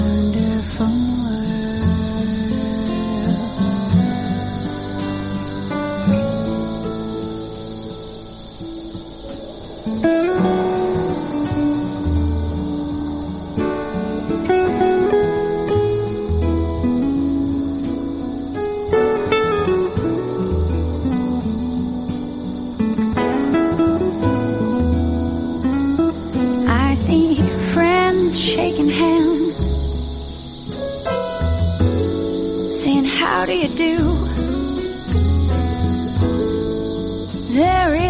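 Cicadas in the trees keep up a dense, unbroken high buzz across the whole clip, layered over a lazy jazz tune. Below the buzz, a steady bass line and soft chords move along, with brighter melodic notes rising in the second half.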